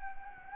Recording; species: mosquito wingbeat signal from an infrared sensor; Anopheles gambiae